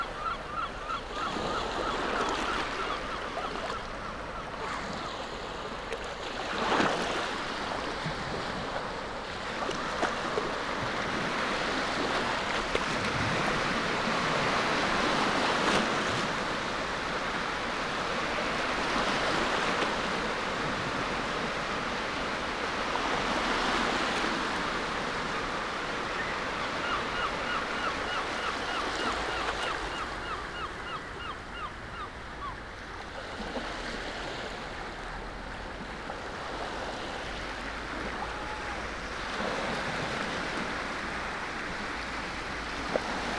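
Surf washes steadily across a wide open beach, a dense, even hiss of waves with soft swells roughly every few seconds.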